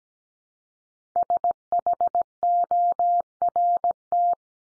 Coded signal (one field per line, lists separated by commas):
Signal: Morse code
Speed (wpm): 17 wpm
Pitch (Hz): 700 Hz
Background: none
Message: SHORT